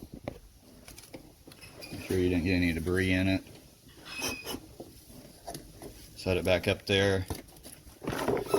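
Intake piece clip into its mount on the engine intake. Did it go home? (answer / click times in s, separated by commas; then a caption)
yes / 8.3 s. On a BMW 335d E90, a loosened intake piece with a clip on its end is set back into its mount on the engine intake and pushed home. Someone talks over light handling clatter and taps. The clip clicks in at 8.3 s, and the piece is locked in place.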